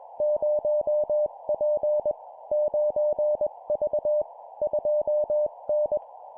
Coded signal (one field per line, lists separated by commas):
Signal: Morse code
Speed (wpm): 20 wpm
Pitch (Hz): 600 Hz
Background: none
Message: 0P 9V 2N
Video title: 20wpm Two number letter words, CW morse code Copy Speed improvement